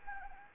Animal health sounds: mosquito wingbeat signal from an infrared sensor; Anopheles arabiensis

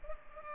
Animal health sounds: mosquito wingbeat signal from an infrared sensor; Culex pipiens

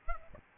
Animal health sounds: mosquito wingbeat signal from an infrared sensor; Aedes albopictus

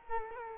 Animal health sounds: mosquito wingbeat signal from an infrared sensor; Culex quinquefasciatus

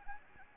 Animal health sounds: mosquito wingbeat signal from an infrared sensor; Anopheles arabiensis

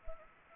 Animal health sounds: mosquito wingbeat signal from an infrared sensor; Anopheles arabiensis

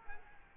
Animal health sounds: mosquito wingbeat signal from an infrared sensor; Culex quinquefasciatus

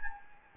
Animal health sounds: mosquito wingbeat signal from an infrared sensor; Anopheles gambiae

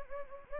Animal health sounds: mosquito wingbeat signal from an infrared sensor; Anopheles gambiae

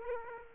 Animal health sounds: mosquito wingbeat signal from an infrared sensor; Aedes aegypti

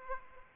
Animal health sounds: mosquito wingbeat signal from an infrared sensor; Aedes aegypti

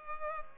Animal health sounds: mosquito wingbeat signal from an infrared sensor; Culex pipiens

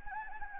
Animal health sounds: mosquito wingbeat signal from an infrared sensor; Anopheles arabiensis

